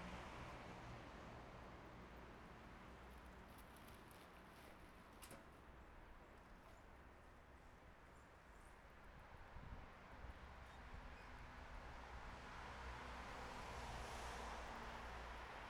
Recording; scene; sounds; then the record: everyday scene through a hearing-aid microphone; in traffic; traffic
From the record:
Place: bus stop on a city main road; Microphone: behind the ear, right, front